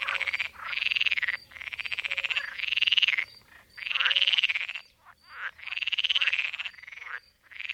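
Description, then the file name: Pool frog calling in harsh, fast-pulsed rattling croaks, in back-to-back bursts almost without a break. "Kis tavi b ka"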